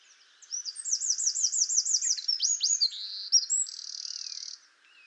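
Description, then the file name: Eurasian wren bursting into a vehement high song of rolling looped notes, quick downward slurs and a closing dry, rapid trill, all within about four seconds. "Troglodytes troglodytes"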